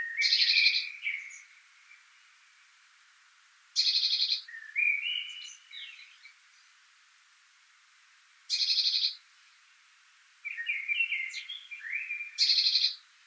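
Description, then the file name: Eurasian blue tit giving repeated harsh, rasping bursts, four in all, with quick twittering notes trailing after some of them. "Cyanistes caeruleus"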